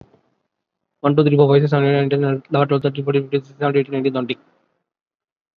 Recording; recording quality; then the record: counting at a fast pace; excellent, no background noise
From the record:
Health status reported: COVID-19 positive, moderate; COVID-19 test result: positive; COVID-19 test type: RT-PCR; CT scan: not taken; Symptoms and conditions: cough, cold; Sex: male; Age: 25 years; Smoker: no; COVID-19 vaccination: one dose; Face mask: worn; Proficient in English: yes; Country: India